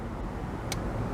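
A threaded bolt is unscrewed from a CB1300 motorcycle cylinder head over a steady low rumble, and a short, sharp metallic click rings out at 0.7 s as its metal thread runs off the end of the mating thread. The bolt is released and clear of its threads, and the assembly drops slightly.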